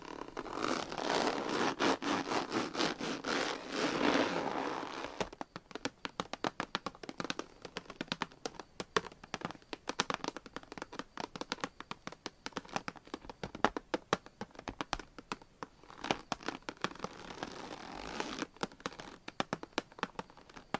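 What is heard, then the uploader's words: Crisp fingernail tapping and scratching, dense and rustly for the first five seconds, then sharp irregular taps clicking rapidly. ASMR Tapping and Scratching with 17 Different Mics , Surfaces & Nails No Talking.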